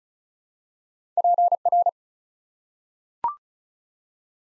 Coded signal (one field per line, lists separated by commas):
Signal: Morse code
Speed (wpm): 36 wpm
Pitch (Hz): 700 Hz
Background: none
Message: PR